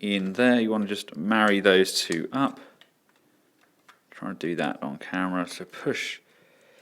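Someone talks while lining up a plastic arm piece, tab to hole, with an arm section of an X2Toys XS001 upgrade kit for a Transformers Combiner Wars Devastator, ready to push it in. Talking pauses around 2.8 to 3.9 seconds, with only a few faint handling ticks, then resumes. Nothing has seated or clicked yet.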